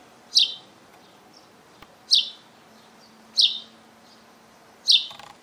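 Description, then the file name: House sparrow calls, four clear chirps spaced about one and a half seconds apart against a quiet background. "Passer domesticus"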